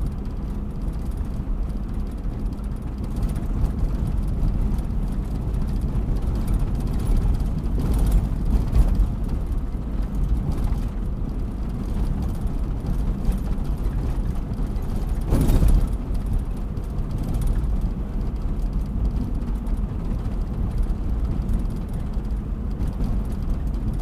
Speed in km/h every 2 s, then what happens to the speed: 51, 50, 50, 50, 50, 50, 50, 49, 48, 51, 52, 52.
0-24 steady at about 50.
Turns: none.